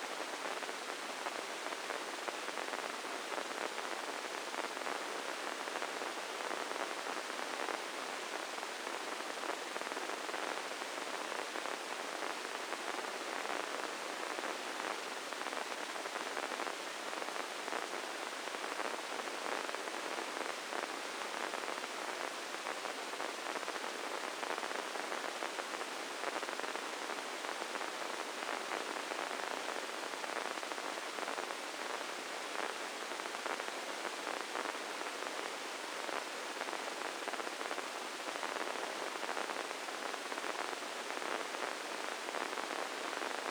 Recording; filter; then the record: brain microelectrode recording played as sound; spike band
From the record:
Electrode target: subthalamic nucleus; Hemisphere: left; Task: reaching with the right hand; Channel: 1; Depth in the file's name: 4.826 mm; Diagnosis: Parkinson's disease